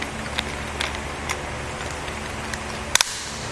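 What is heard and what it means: A supplied torque-limiting tool tightens the tower clamp screw of a Yakima RidgeLine roof rack for flush rails on a 2015 Nissan Rogue, with a few faint ticks over a steady low hum. Two sharp clicks come in quick succession at about 3.0 s and 3.0 s, showing the tool has reached its setting and the clamp is not over-tightened.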